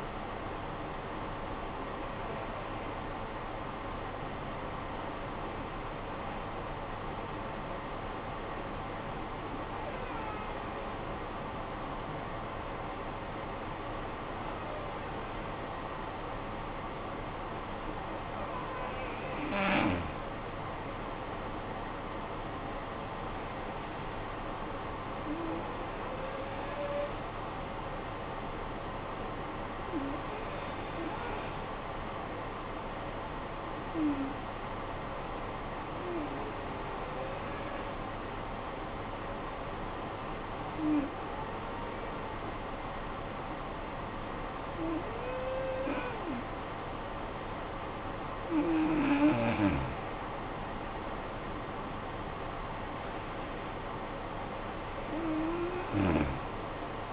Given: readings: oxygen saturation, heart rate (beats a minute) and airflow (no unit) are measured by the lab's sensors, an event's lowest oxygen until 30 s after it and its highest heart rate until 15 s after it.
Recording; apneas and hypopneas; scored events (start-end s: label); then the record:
breathing in sleep by a voice recorder at the bedside; 2
4.00-19.60 s: hypopnea (N2, oxygen 94% highest, then 86% lowest, heart rate 50 at the start, 62 highest)
35.00-50.10 s: hypopnea (N2, oxygen 93% highest, then 87% lowest, heart rate 49 at the start, 61 highest)
From the record:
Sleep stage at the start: N2 (light sleep); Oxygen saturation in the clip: 86 to 94%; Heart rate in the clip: 49 to 62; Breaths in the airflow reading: 13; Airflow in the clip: -14.0 to 10.0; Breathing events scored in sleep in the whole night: 445 in 7.6 hours asleep